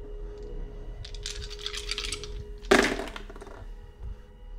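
dice being rolled

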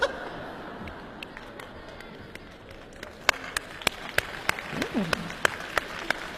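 audience applause

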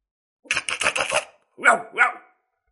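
dog barking

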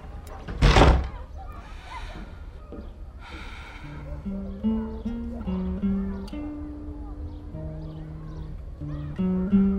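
door being closed

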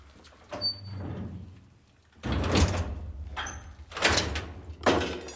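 iron cell door closing

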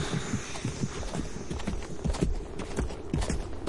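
horse hooves clip-clopping

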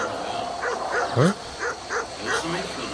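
dog barking

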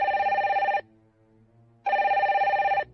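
telephone ringing

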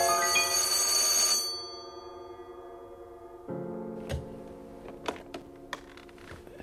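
telephone ringing

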